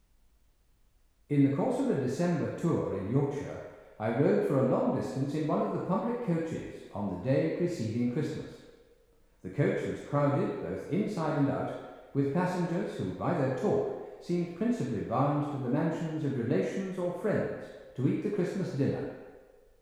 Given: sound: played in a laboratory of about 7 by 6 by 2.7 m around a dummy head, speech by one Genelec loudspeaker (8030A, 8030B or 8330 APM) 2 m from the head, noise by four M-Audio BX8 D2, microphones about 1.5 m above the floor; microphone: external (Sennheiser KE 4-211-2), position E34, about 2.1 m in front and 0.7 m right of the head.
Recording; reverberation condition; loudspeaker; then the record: male speech in English; high; in front (0 degrees)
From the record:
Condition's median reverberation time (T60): about 1300 ms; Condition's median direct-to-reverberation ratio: about -4.0 dB